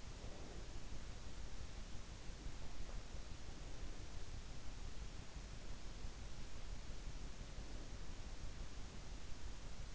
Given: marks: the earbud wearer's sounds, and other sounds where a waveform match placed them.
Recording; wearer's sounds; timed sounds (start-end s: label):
sounds in sleep by an in-ear microphone; breath
0.00-1.11 s: breath